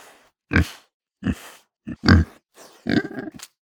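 Pig grunting in five or six short, rough, low bursts spaced irregularly, the last one longer and more drawn out.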